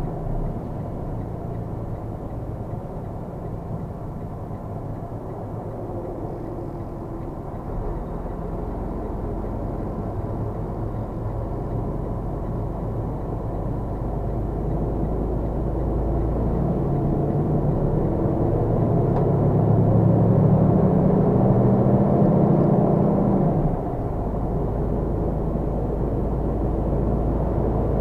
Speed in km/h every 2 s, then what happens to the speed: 27, 0, 0, 0, 0, 0, 0, 0, 26, 29, 34, 39, 39, 40.
0-2 brakes to 0. 2-15 standing. 15-28 pulls away to 40.